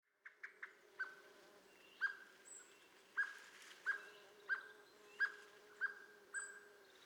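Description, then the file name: Common blackbird uttering metallic chink calls, about eight evenly repeated notes after a few quick opening clicks, with a low droning background. "Turdus merula"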